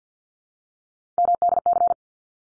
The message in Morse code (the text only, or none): MDC